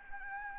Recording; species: mosquito wingbeat signal from an infrared sensor; Anopheles gambiae